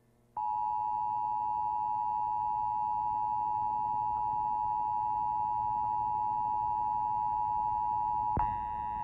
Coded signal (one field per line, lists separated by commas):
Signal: Emergency Alert System (SAME) tones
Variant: 853 and 960 Hz attention tone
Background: music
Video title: 01/31/2004 EAS Child Abduction Emergency State Of Wisconsin (EAS #11)